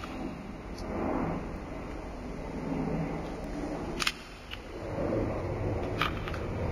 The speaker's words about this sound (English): And I got airplanes in the background. You hear the airplanes?